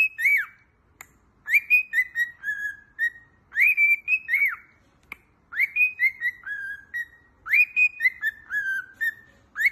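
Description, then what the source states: Cockatiel whistled song, a looping melody of rising slurred notes followed by a descending series of short whistles, repeated several times with brief pauses. Several cockatiels, singing and whistling.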